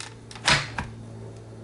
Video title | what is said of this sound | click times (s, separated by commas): Toro PowerPlex 14in Chainsaw Overview & Maintenance | press it all the way down until you hear it click | 0.5 s